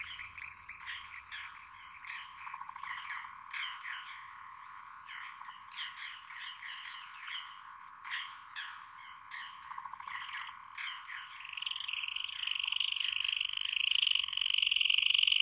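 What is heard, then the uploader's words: Frogs call in a dense, rapid chorus of bright chirps, shifting near the end into a louder, steadier high trill that swells. Frog.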